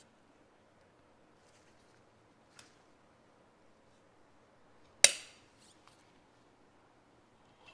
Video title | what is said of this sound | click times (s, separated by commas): Instructions Unclear: Rebuild Showa BPF Fork Seals at Home - Ducati 899/959 Panigale | you'll just hear it click in. | 5.0 s